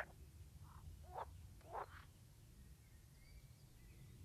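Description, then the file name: Water frog giving a few short, faint croaks in an irregular cluster, with a steady low rumble underneath. "grenouille verte"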